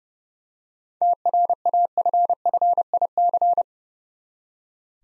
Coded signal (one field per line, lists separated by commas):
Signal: Morse code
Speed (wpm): 29 wpm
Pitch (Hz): 700 Hz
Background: none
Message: TRAFFIC